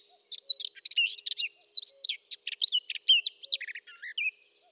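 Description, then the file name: Eurasian blackcap giving a rapid, continuous warble of varied squeaky and whistled notes, jumbled and scratchy, with no other clear sounds. "Sylvia atricapilla"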